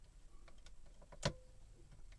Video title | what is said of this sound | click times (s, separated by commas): Airfix 1:72 Lancaster | it clicked in nicely | 1.3 s